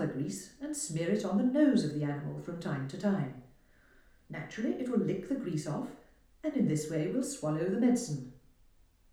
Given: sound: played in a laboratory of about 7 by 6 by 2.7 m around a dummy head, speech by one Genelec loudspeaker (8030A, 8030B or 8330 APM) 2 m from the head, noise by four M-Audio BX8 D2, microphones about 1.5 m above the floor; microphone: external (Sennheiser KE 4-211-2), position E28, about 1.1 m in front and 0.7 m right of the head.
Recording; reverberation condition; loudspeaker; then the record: female speech in English; medium; 90 degrees to the right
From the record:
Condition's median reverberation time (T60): about 510 ms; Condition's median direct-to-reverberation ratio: about -0.5 dB